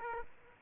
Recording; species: mosquito wingbeat signal from an infrared sensor; Aedes aegypti